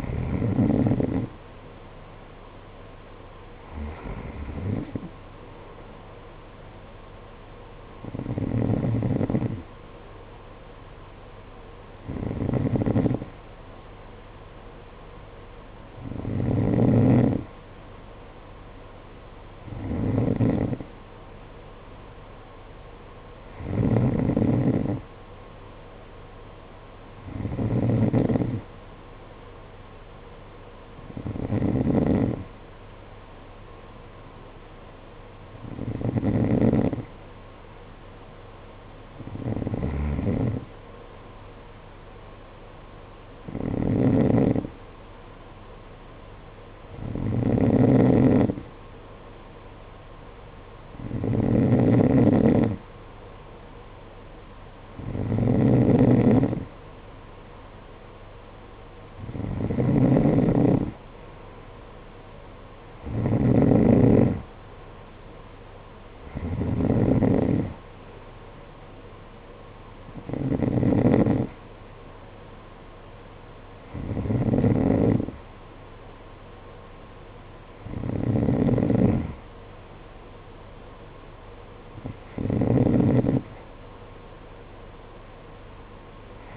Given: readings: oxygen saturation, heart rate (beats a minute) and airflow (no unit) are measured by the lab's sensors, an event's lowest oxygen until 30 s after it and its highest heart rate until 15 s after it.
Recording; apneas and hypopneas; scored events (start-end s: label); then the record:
breathing in sleep by a voice recorder at the bedside; none
none scored
From the record:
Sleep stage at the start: N2 (light sleep); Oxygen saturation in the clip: 91 to 92%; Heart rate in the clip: 51 to 57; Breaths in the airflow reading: 22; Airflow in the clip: -8.7 to 8.9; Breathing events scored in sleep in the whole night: 476 in 9.7 hours asleep